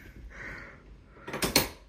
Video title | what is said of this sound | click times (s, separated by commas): An Efteling fan's First Time at Alton Towers Vlog - Danielle the Third Culture Individual | Oh, there's the click. | 1.4 s, 1.6 s